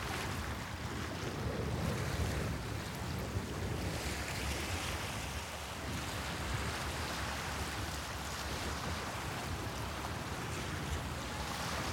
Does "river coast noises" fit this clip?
yes